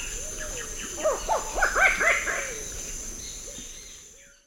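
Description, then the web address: Sungrebe giving a quick series of several yelping, dog-like notes, with a constant high drone behind. Recorded in the eastern lowlands of South America. "Natures Songs S America Eastern Lowlands. Sungrebe"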